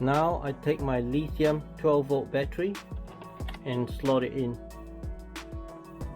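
A 12 V lithium battery pack is being slid into the battery compartment of a Bosch GLL 3-80 CG laser level while someone talks over background music. The clip ends before the pack goes home, so nothing has seated or clicked yet.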